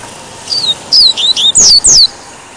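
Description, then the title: Double-collared Seedeater song of high, clear whistled notes. Short downslurs quicken into two loud, falling sweeps. "Canto Coleiro"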